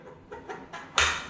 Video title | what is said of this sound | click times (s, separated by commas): Unboxing & Installing StarRaker Artika Led Ceiling Light | you hear a click noise same thing goes here i have closed it so there are three | 1.0 s